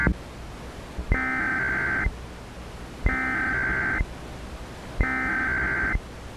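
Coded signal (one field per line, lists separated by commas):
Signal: Emergency Alert System (SAME) tones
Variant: header bursts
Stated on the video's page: Recreation of an EAS termination message with valid SAME tones.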